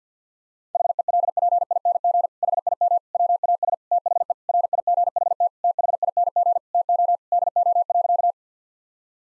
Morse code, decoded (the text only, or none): HELPING HIM WAS THE RIGHT THING TO DO.